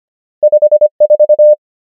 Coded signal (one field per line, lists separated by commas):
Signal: Morse code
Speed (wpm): 25 wpm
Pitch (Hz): 600 Hz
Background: none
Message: 5 4